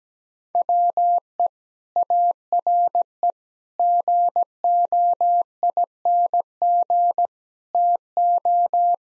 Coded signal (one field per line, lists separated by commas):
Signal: Morse code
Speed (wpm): 17 wpm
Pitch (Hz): 700 Hz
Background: none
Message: WE ARE GOING TO